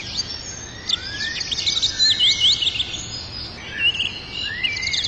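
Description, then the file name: Birds chirping in a chorus, a short run of bright notes midway and a few falling whistles, with a steady hiss behind. Birds in a forest. "Passaros na Floresta"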